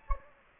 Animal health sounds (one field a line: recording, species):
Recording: mosquito wingbeat signal from an infrared sensor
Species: Anopheles gambiae